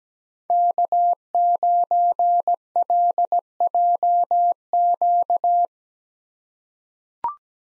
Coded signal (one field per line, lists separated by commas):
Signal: Morse code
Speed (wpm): 17 wpm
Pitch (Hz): 700 Hz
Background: none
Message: K9LJQ